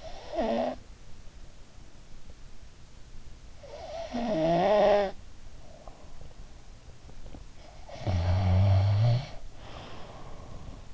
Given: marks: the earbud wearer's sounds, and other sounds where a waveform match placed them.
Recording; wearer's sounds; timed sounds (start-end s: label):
sounds in sleep by an in-ear microphone; snoring breath
0.00-1.06 s: snoring breath
3.70-5.39 s: snoring breath
7.95-10.94 s: snoring breath